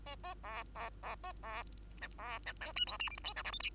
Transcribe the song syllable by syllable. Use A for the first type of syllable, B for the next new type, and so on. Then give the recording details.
A A B B B A B C B C D E F G H I J K L M N. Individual Bird2